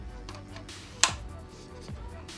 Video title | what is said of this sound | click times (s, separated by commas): Canon RF 50mm f1.2 First Impression | that's a solid click nice | 1.0 s